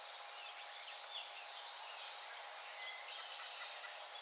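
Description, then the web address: Brown thrasher calls: three sharp, high smacking notes, about one and a half to two seconds apart, against a soft background hiss. Recorded 4 January 2007. "Brown Thrasher 2007 01 04"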